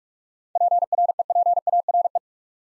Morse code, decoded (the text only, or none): PREPARE